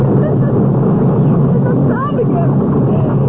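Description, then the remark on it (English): A deep, continuous earthquake rumble roars steadily and loudly for a few seconds as the ground splits, with faint higher whining sweeps briefly rising above the dense low noise. “It's starting up again. The ground feels like it's splitting in two.”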